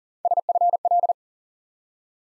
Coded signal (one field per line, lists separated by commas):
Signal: Morse code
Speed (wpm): 43 wpm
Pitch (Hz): 700 Hz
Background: none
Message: SFL